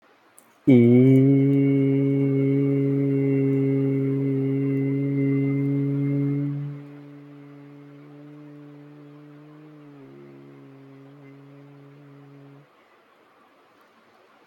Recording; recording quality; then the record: sustained vowel as in beet; excellent, no background noise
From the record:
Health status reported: healthy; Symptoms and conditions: none ticked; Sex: male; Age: 24 years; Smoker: not ticked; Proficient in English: yes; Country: India